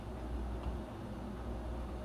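A graphics card is handled at the motherboard's PCIe slot, giving a steady low rumble with faint handling noise throughout. The card has not yet been pushed home, so nothing has seated or clicked yet.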